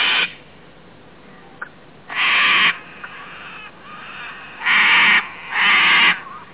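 Cockatoo giving several harsh, raspy screeches, the last two close together.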